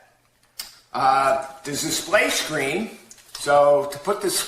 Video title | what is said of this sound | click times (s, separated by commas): Review PGYOB Portable Power Station, 27,000mAh Outdoor Generator with Built in Cable, Portable Power | and then they snap right in. So, really like that. | 0.6 s